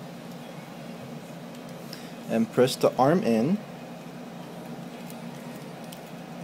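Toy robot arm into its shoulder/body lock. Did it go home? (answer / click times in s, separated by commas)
no / none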